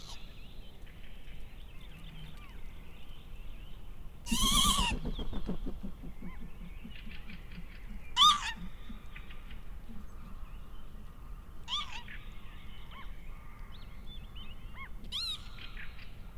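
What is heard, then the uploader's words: Northern lapwings give sharp, rising wheezy calls about every three seconds over an open field, with a loud low rustling burst near four seconds. In April, the northern lapwings ( Vanellus vanellus ) return. Their joyful flight and funny sounds can be heard in the spring fieldscape.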